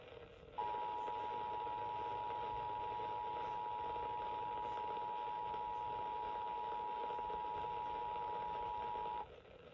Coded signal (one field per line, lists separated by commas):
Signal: Emergency Alert System (SAME) tones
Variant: 853 and 960 Hz attention tone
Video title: Severe Thunderstorm Warning on KTFW-FM 92.1 (EAS #334)